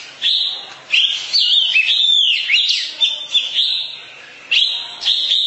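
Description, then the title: Oriental magpie-robin song, a continuous medley of clear whistles and fast slurred notes, with brief dips in loudness between phrases. Long-duration song. "Kacer"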